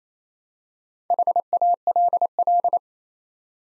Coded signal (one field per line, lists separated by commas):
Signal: Morse code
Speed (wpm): 28 wpm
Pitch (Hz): 700 Hz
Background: none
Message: HALL